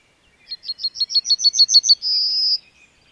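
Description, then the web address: A single bird phrase of ten or so quick, high, slightly rising notes followed by a prolonged buzzy note. "madarak enek"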